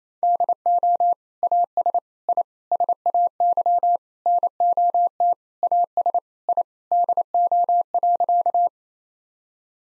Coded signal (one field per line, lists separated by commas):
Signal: Morse code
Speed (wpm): 28 wpm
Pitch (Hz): 700 Hz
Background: none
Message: DO AS I SAY NOT AS I DO.